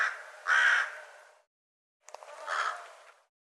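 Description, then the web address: Bird calls: two drawn-out, rough caws separated by a short silence, the second softer and preceded by faint clicks. "cianscape birddata Deverinetal 2025 Bird"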